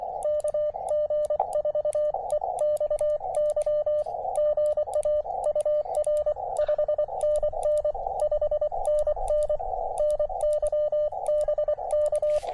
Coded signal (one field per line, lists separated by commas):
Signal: Morse code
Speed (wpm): 24 wpm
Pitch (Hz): 590 Hz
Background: radio noise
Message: KG4EXY GA UR 5NN 5NN NY BK